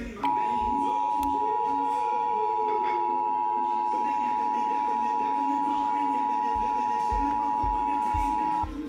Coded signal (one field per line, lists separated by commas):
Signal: Emergency Alert System (SAME) tones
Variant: 853 and 960 Hz attention tone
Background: music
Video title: EAS #120 Severe Thunderstorm Warning